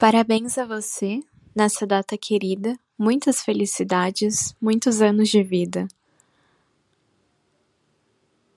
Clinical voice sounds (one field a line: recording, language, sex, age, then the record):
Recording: short text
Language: Brazilian Portuguese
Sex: female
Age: 20 to 29 years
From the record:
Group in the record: control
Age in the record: 21 years